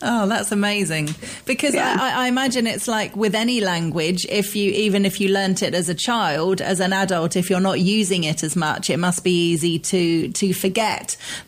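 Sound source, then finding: Adult female speaker. Typical speech.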